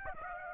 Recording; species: mosquito wingbeat signal from an infrared sensor; Aedes aegypti